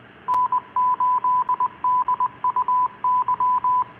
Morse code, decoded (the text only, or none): N8DUY